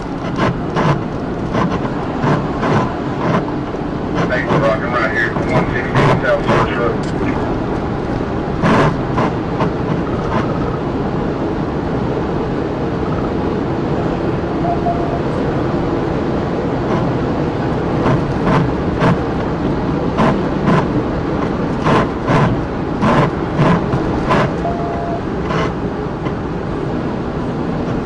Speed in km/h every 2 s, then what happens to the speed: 175, 182, 184, 188, 196, 198, 201, 204, 206, 206, 196, 195, 185, 187.
0-15 speeds up to 206. 15-28 slows to 187.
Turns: none.